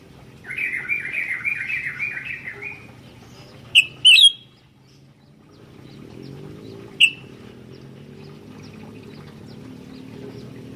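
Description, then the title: Sooty-headed bulbul song: a bubbly, warbling phrase for about two seconds, followed by a few sharp high chirps, with a low background hum. "kutilang"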